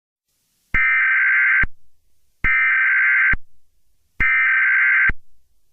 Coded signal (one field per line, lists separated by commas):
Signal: Emergency Alert System (SAME) tones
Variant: header bursts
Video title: MEG EAS